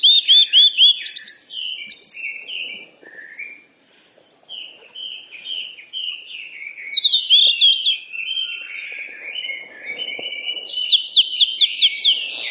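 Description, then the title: Birds twittering: fast repeated whistles open, flowing chirps and warbles continue throughout, and another quick repeated note series comes near the end. Birds at play. "鸟儿嬉戏声"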